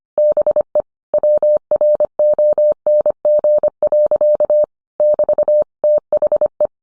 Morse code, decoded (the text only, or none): BE WRONG. <BT> THE